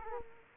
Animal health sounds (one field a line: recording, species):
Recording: mosquito wingbeat signal from an infrared sensor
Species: Culex quinquefasciatus